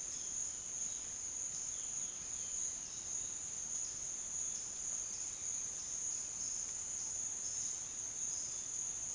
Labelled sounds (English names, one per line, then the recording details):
none
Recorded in secondary vegetation near Puerto Asís, Putumayo, Colombia, on 25 June 2025 at 11:00
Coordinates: 0.485, -76.322
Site GP06